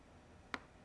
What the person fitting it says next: once that's clicked we know it's been successfully installed